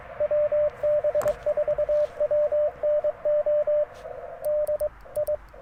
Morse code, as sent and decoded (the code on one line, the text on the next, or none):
.-- -... ....- .-- -. --- / -.. / ..
WB4WNO D I